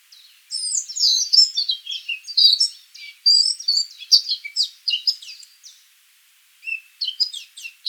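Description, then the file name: Eurasian blackcap song, a lively tumbling warble of varied squeaky and fluty notes, pausing briefly midway and again near the end before resuming. "Sylvia atricapilla"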